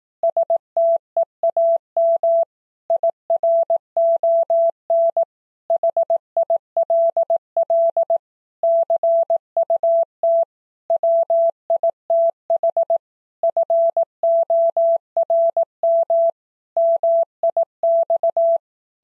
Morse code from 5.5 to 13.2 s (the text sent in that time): HILL CUT WITH